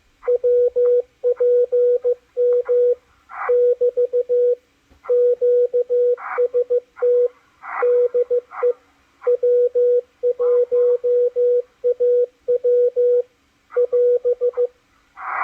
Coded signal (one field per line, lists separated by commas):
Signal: Morse code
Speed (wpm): 15 wpm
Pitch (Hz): 490 Hz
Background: radio noise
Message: WPM <BT> QST DE W1AW <AS>